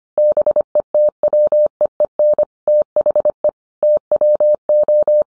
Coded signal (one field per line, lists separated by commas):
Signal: Morse code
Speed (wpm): 25 wpm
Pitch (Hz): 600 Hz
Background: none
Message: BETWEEN THE TWO